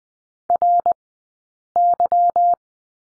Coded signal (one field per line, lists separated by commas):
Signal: Morse code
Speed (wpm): 20 wpm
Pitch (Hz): 700 Hz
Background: none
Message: RY